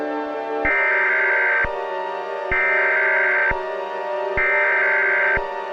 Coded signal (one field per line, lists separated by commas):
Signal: Emergency Alert System (SAME) tones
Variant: header bursts